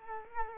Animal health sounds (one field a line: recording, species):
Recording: mosquito wingbeat signal from an infrared sensor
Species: Culex quinquefasciatus